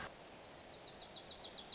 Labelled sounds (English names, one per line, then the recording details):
Wilson's Warbler
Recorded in Sonoma County, California